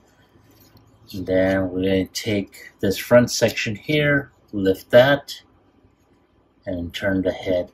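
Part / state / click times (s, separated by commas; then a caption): head section of a plastic transforming robot figure snapping into its torso joint / not seated / none. Someone talks while handling a Transformers Studio Series Gamer Edition #03 WFC Optimus Prime plastic transforming robot figure, lifting its front section and turning the head section toward its torso joint. Nothing has seated or snapped into place yet.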